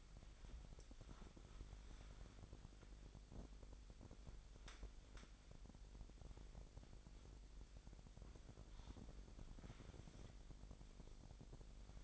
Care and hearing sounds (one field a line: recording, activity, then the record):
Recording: daily activity, microphone in the room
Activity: wipe stove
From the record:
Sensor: 5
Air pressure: 1000.9 hPa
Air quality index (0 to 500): 247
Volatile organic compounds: 34 ppm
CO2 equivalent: 3048 ppm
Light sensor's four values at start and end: 30/68/27/25 and 30/69/28/26